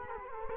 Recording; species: mosquito wingbeat signal from an infrared sensor; Culex quinquefasciatus